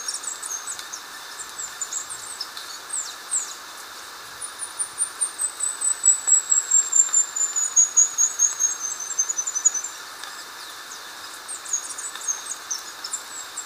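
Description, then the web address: Indigo flowerpiercer song: a long, very high, rapid trill of thin notes that slides gradually downward over about six seconds, with faint high twitters before and after. Recorded in Ecuador. "Natures Songs S America Birds of Ecuador Indigo Flowerpiercer"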